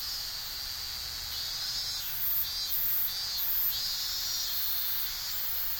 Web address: Sound Effects-Foundation 1 AMBIENCE TOKYO SUMMER INSECTS CICADAS